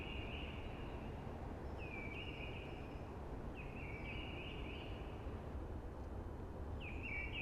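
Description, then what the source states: Eurasian blackbird song: clear whistled phrases, each a bit over a second long, repeated every few seconds over a steady rushing hiss of wind through trees. Sings early, amongst hushing conifers.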